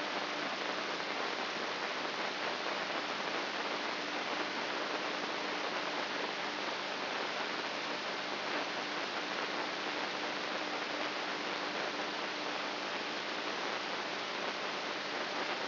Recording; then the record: brain microelectrode recording played as sound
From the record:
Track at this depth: inside the subthalamic nucleus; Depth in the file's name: 5.083 mm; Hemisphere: left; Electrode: 3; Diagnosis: Parkinson's disease